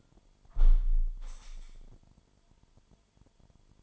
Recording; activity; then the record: daily activity, microphone in the room; close window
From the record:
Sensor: 5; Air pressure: 998.1 hPa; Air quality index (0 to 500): 98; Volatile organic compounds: 2 ppm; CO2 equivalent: 1122 ppm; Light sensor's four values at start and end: 27/65/27/29 and 27/65/27/29